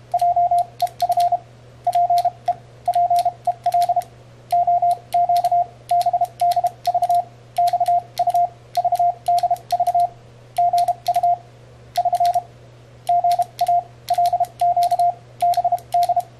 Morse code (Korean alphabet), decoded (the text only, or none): 한 자 작 패 들 키 를 시 <SN> 소 개 드